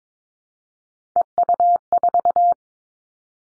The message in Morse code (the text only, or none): EU4